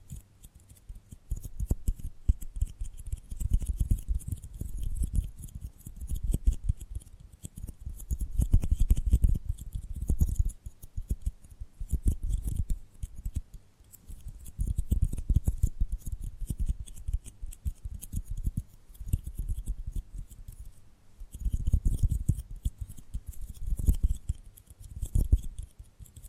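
Irregular tapping and gripping sounds, dense clicks and soft low thumps in uneven bursts, with a faint steady bright hiss throughout.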